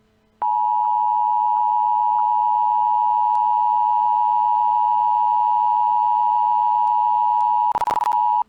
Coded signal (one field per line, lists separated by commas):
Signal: Emergency Alert System (SAME) tones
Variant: 853 and 960 Hz attention tone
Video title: EAS Scenario: DONT SPEAK.|Part 4|ⶴ፱ጮልክጎፕሃ ሠጎረረ ጋጎቹ